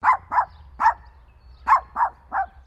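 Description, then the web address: Miniature poodle barking, six sharp mid-pitched yaps in two bursts of three, each short and clipped, with a faint low hum underneath. "Sound Effects-Foundation 1. DOG POODLE MINIATURE. BARK SEQUENCE"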